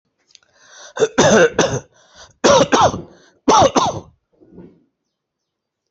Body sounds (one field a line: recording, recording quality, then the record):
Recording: heavy voluntary cough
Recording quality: excellent, no background noise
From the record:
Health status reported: healthy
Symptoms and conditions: hypertension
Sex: male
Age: 47 years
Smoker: not ticked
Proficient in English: yes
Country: India